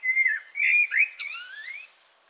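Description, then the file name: Common blackbird: a short mellow whistled phrase of level and slurred notes, ending in a rising, thinner squeaky whistle. "Turdus merula"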